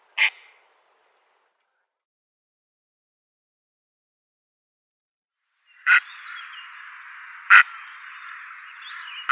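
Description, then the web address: Purple heron with short, harsh croaks: one alone, then a few more after a long silence, the later ones over a steady rushing background noise. "Schulze Peter Purple Heron"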